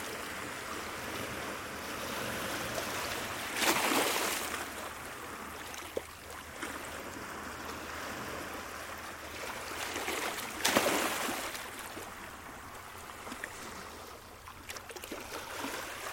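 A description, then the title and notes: Ocean waves wash in a steady hiss, with louder surges breaking around four and eleven seconds over a low constant rumble. Szum fal oceanu. Ocean Sounds.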